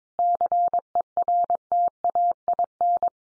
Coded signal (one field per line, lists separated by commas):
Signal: Morse code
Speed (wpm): 22 wpm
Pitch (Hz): 700 Hz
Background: none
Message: CERTAIN